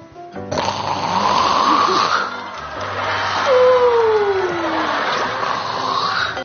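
An adult man imitating how the celebrity Huang Lei snores in his sleep. Imitated snoring.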